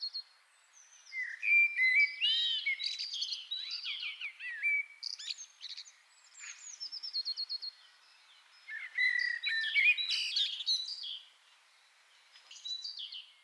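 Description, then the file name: Common blackbird song: mellow fluted whistles that break into squeaky high twittering, in several phrases separated by short pauses. "Turdus merula"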